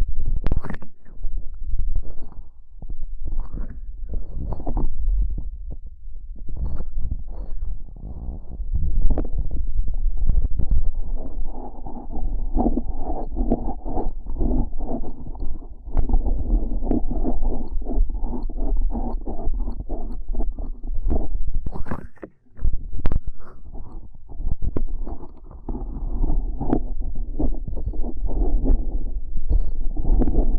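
Ear cupping triggers: hands press and rub over the microphone, giving a muffled, rumbling hush with a constant low throb. Soft thumps and brushing strokes come every second or two, with a brief near-silent gap around 22 seconds.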